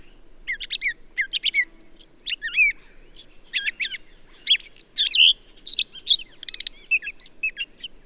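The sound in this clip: Bird song with bursts of sharp, bouncing notes and brief buzzy trills in quick phrases, over a thin continuous high tone.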